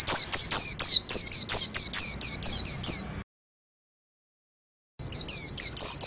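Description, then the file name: White-eye song of sharp, high, down-slurred chirps repeated rapidly, breaking into silence midway before the chirping resumes. "pleci"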